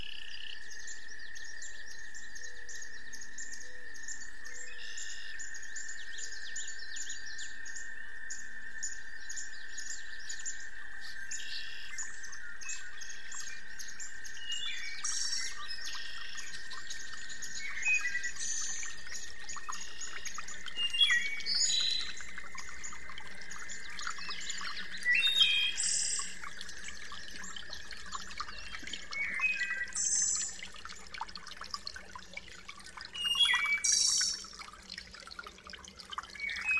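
Birds chirp and call over a steady high insect drone, with sharper, louder calls bursting in more often after about twenty seconds.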